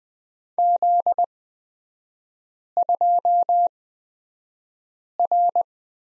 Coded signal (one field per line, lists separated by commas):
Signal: Morse code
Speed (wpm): 20 wpm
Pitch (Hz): 700 Hz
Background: none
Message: Z2R